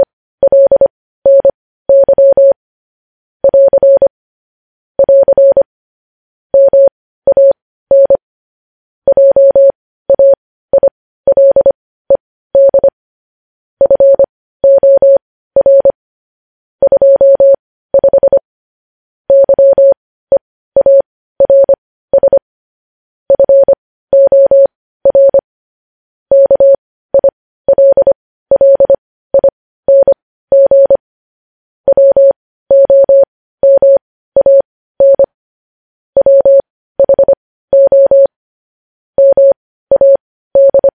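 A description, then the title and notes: Morse code tapped out as a single steady mid-pitched tone, switching on and off in short dots and longer dashes. The keying runs continuously for the whole stretch at an even pace, with brief gaps between letters and dead silence in between, no other sounds. Morse code.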